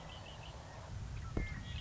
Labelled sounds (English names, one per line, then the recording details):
Red-winged Blackbird
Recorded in Sonoma County, California